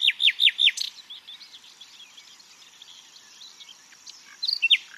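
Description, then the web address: Common nightingale song: four loud, sharp, down-slurred notes in quick succession, a stretch of faint chatter, then another short burst of sharp notes. "pub SETE data Luscinia megarhynchos"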